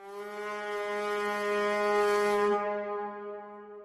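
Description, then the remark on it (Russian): A single long, loud blast of a signal horn in a throne room, a steady low brassy tone with a rough, breathy edge that fades slightly toward the end. No voices are present. “В тот самый момент, когда барон открыл рот, чтобы что-то сказать мне, оглушительный рев сигнального горна разорвал напряженную тишину тронного зала.”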